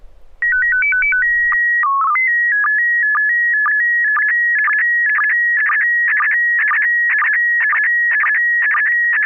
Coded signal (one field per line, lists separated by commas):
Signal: SSTV (slow-scan television)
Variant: PD 120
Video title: N6NA SSTV Net - 07/19/2023